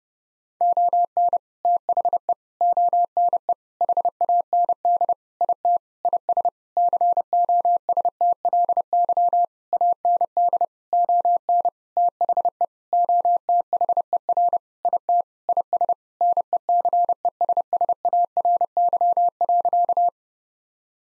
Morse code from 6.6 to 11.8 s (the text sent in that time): COSTLY AND ON